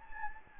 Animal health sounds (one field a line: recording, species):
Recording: mosquito wingbeat signal from an infrared sensor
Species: Anopheles gambiae